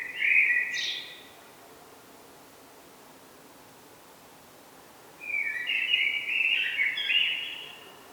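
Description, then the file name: Common blackbird song with a brief warble and sharp high flick, then after a four-second pause a longer rich fluty phrase of varied notes. "Turdus merula"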